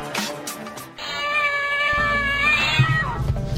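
A cat lets out a long, drawn-out meow with a clear harmonic wail that rises slightly and then falls. A brief scratchy sound comes before it, and a low rumble begins partway through.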